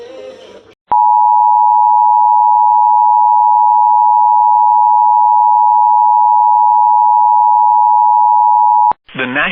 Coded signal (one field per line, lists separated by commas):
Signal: Emergency Alert System (SAME) tones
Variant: 853 and 960 Hz attention tone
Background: speech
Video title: IT’S DOUBLEHEADER TIME!!! EAS Alerts from 3/22/2026 (EAS 173-207)